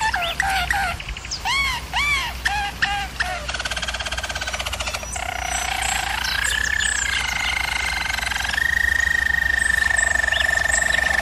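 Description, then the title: German Roller canary song opening with repeated hollow, arched notes, then quick rolling trills and a long even whistled roll held for several seconds; low background hum. German Roller canary singing, for canary training. "German Roller Canary Singing - Canary Training Vid"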